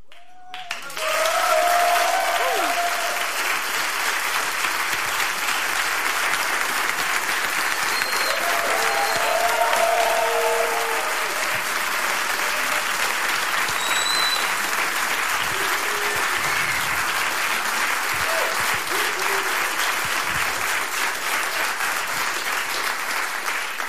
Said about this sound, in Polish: To były zasłużone oklaski